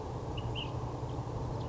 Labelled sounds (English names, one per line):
Ash-throated Flycatcher